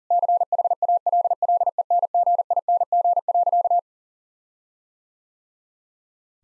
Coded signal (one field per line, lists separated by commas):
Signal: Morse code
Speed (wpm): 40 wpm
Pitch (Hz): 700 Hz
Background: none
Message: CHALLENGING.